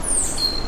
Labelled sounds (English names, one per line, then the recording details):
Stitchbird song
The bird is a male
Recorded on Tiritiri Matangi Island, New Zealand, in 2005
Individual 3, of nest box 3